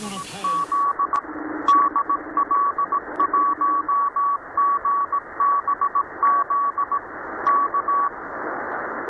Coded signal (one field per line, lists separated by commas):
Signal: Morse code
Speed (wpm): 18 wpm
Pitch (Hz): 1130 Hz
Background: speech, radio noise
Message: Z DL1GBZ K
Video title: How to set up a SHORTWAVE WIRE ANTENNA in a small garden.